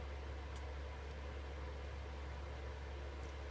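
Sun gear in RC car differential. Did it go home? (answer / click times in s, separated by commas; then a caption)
no / none. A new sun gear is put onto the rear differential of an Arrma Kraton EXB RC car and lined up before it is pushed home. Only a steady low hum with broadband hiss is heard, plus faint high ticks near 0.6 s and 3.2 s. Nothing has seated or clicked yet.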